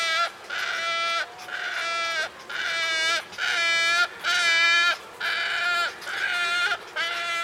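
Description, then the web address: Wood stork giving drawn-out, nasal, bleat-like calls, about one per second in a series. "sound Wood-stork. صدای-لک-لک-جنگلی"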